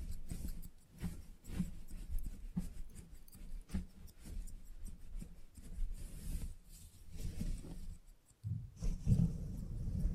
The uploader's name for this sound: Salon Haircut Head Massage, Scissors and Clipper